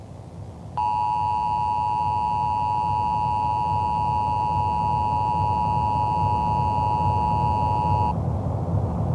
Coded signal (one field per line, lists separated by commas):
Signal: Emergency Alert System (SAME) tones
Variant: 853 and 960 Hz attention tone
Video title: EAS Scenario - The Rarity Virus 2